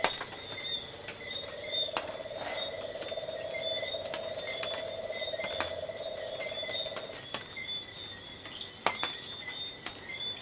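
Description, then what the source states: Insects and tree frogs calling together, a low pulsed trill lasting several seconds before stopping, with constant high whining tones and frequent clicks throughout. Coastal soundscape with tree frogs and insects calling together.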